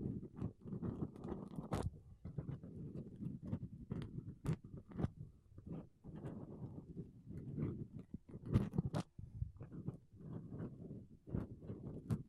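Makeup brushes and a sponge rub over a microphone in dense, low, fluffy scratching strokes, punctuated by frequent sharp bright taps and swishes.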